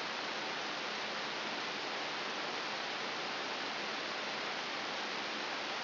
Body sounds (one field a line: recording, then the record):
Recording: brain microelectrode recording played as sound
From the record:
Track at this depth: inside the subthalamic nucleus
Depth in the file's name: 6.732 mm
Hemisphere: right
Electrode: 3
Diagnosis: Parkinson's disease